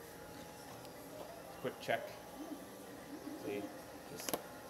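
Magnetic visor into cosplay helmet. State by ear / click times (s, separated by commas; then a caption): seated / 4.3 s. A plastic visor fitted with glued-on magnets is pressed against matching magnets on a cosplay helmet while someone talks. It snaps into place with two sharp clicks at 4.3 s and 4.3 s, and the visor is seated and sticks on.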